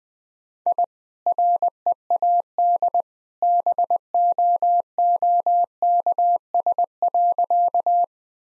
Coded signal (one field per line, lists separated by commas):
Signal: Morse code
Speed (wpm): 20 wpm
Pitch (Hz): 700 Hz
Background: none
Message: I READ BOOKS.